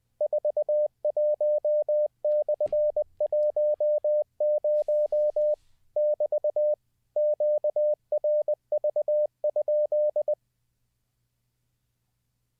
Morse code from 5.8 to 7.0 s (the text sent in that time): <BT>